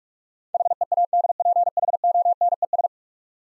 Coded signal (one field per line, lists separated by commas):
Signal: Morse code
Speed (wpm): 44 wpm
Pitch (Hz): 700 Hz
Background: none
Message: HEADPHONES